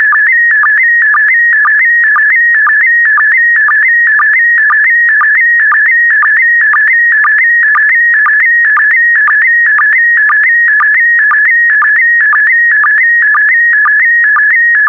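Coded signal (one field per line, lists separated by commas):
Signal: SSTV (slow-scan television)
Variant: PD120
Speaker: complete you can now check your decoded image against the picture that is shown on the video that concludes the daily transmission of slow scan tv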